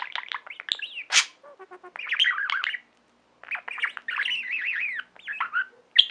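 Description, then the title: Budgerigar warbling chatter with quick clicks, trills and wavering whistled notes, pausing briefly before resuming. "Budgie Sounds"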